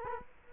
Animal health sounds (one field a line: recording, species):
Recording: mosquito wingbeat signal from an infrared sensor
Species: Culex quinquefasciatus